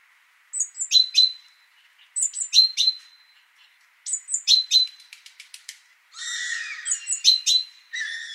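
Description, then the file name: Great tit calls in repeated phrases of high notes leading into sharp chinks, then a rapid ticking series and harsh buzzy churrs in the last seconds. "Parus major"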